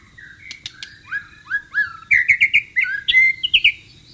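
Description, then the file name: White-rumped shama singing varied fluty whistles, slurred notes rising and falling, ending in a fast series of bright repeated phrases. Wild bird, recorded in the wild. "suara burung murai batu di alam liar"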